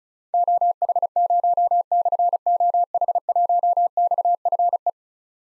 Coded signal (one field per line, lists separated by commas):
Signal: Morse code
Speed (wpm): 36 wpm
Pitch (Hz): 700 Hz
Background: none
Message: OH0/OH1XFE